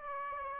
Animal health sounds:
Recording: mosquito wingbeat signal from an infrared sensor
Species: Aedes aegypti

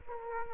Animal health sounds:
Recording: mosquito wingbeat signal from an infrared sensor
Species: Aedes aegypti

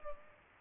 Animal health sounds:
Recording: mosquito wingbeat signal from an infrared sensor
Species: Culex pipiens

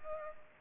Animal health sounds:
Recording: mosquito wingbeat signal from an infrared sensor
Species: Culex pipiens

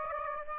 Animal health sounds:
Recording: mosquito wingbeat signal from an infrared sensor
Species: Aedes aegypti

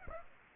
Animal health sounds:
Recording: mosquito wingbeat signal from an infrared sensor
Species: Aedes aegypti

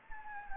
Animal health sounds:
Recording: mosquito wingbeat signal from an infrared sensor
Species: Anopheles gambiae

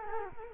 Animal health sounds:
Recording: mosquito wingbeat signal from an infrared sensor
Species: Culex quinquefasciatus

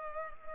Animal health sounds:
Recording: mosquito wingbeat signal from an infrared sensor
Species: Culex pipiens

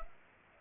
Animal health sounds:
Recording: mosquito wingbeat signal from an infrared sensor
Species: Culex pipiens

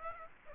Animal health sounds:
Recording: mosquito wingbeat signal from an infrared sensor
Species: Aedes aegypti

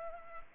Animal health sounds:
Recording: mosquito wingbeat signal from an infrared sensor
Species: Culex pipiens

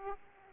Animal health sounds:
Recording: mosquito wingbeat signal from an infrared sensor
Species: Aedes aegypti

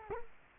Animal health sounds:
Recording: mosquito wingbeat signal from an infrared sensor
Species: Culex quinquefasciatus

